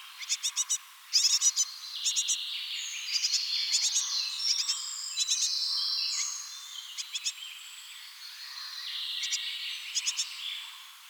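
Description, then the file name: Great tit giving repeated clicking bursts of three to five notes, set against a dense background chorus of whistling and twittering birds. "Parus major"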